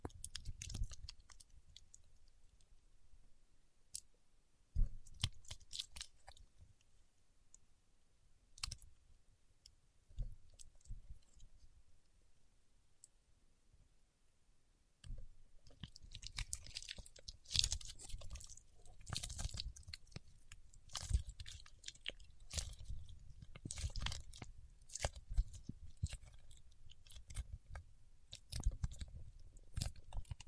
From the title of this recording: Paraffin Wax Peeling, Tapping and Scratching